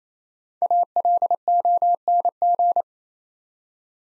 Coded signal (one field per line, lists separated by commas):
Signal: Morse code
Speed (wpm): 27 wpm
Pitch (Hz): 700 Hz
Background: none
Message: ALONG